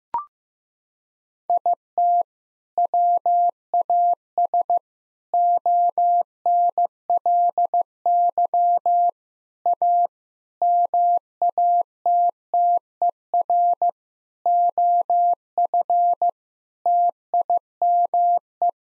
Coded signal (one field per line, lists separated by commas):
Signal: Morse code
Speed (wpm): 14 wpm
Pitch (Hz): 700 Hz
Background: none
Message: IT WAS ONLY A MATTER OF TIME